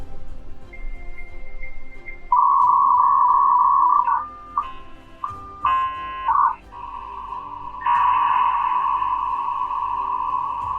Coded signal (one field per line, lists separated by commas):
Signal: dial-up modem handshake